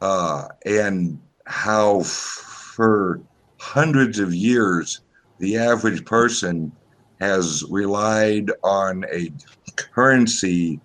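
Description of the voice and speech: A low-pitched adult male voice speaks in short bursts. Sounds are stretched, such as a drawn-out "how" and "for", and pauses break up the phrases mid-sentence. This disrupted flow fits the speaker's speech impediment; the exact type is not specified.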